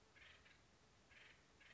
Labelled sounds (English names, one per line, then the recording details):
Acorn Woodpecker
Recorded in Sonoma County, California